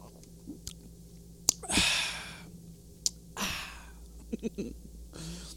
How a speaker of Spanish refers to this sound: Yo tengo en este momento, para quitarme el calor, un vasito de agua de naranja rete sabroso, al cual le vamos a dar un trago porque hace mucho calor. Estoy salivando.